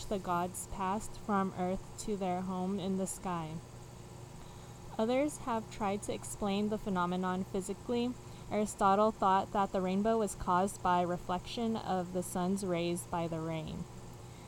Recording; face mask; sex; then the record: reading aloud; none; female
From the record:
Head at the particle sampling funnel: facing it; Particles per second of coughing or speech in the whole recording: 0.54